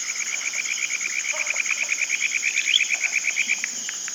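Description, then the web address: Frog calling in a rapid, even series of short high notes over a steady high hum. "Frogs World"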